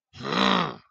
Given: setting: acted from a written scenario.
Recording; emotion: vocal sound without words; anger